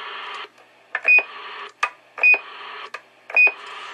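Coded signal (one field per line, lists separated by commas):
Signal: roger beep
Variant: CB radio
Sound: three brief quiet high beeps, each within a burst of static and squelch clicks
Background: radio static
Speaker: Got a real quiet Roger beep.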